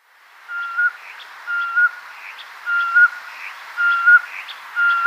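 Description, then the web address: Common scoter whistled calls, a steady mid-pitched piping note lifting slightly at the end, repeated about once a second over a soft background hiss. Males. "Schulze Peter Common Scoter males"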